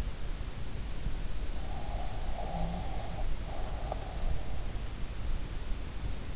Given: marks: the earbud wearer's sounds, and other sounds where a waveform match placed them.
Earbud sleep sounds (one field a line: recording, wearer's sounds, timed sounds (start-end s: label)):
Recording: sounds in sleep by an in-ear microphone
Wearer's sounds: breath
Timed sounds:
2.06-4.00 s: breath